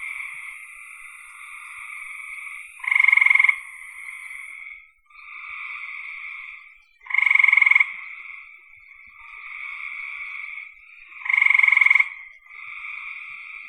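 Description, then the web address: Frog chorus with three loud short pulsed trills spaced about four seconds apart, between softer trilling and a faint high hiss. "cn frogs"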